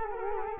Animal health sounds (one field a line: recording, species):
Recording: mosquito wingbeat signal from an infrared sensor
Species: Culex quinquefasciatus